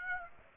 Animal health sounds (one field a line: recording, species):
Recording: mosquito wingbeat signal from an infrared sensor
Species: Aedes aegypti